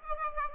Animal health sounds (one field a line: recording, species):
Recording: mosquito wingbeat signal from an infrared sensor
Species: Aedes aegypti